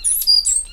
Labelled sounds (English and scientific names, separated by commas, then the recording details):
Stitchbird (Notiomystis cincta) song
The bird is a male
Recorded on Tiritiri Matangi Island, New Zealand, in 2005
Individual 8, of nest box 10